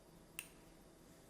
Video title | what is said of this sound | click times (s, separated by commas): How I mount a Schmidt & Bender 5-25x56 PMII in a Spuhr ISMS on an Accuracy International AX | you just heard a click and now i hope this next one clicks | 0.4 s